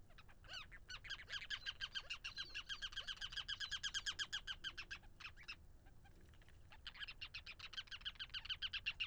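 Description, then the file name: Ruddy turnstone chatter: a fast, steady rattle of sharp notes for about five seconds, a short gap, then the rapid chattering resumes. "Ruddy Turnstone Arenaria interpres"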